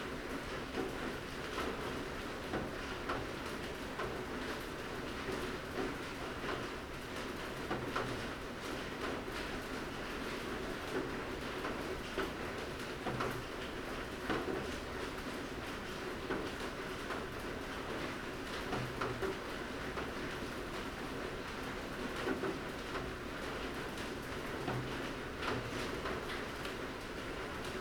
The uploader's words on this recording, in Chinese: 禮拜四早上，下著小雨。